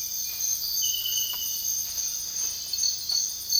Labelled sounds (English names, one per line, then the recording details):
none
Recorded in secondary vegetation near Puerto Asís, Putumayo, Colombia, on 18 February 2024 at 05:30
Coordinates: 0.481, -76.323
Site G6376